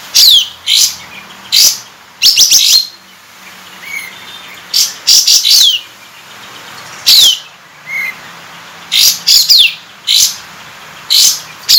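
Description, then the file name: Sooty-headed bulbul song in loud bursts of high falling whistles, sometimes doubled or tripled, with a soft short whistle heard twice in between. Bulbul tail-opening song, used for training cage birds. "suara kapas tembak buka ekor"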